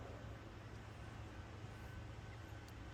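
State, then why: Not seated. A plastic turn signal wiring clip for a Ducati motorcycle is picked up and lined up with the headlight housing mount. Only a steady low rumble with a faint hum is heard, with no sharp sounds. Nothing has snapped or seated yet.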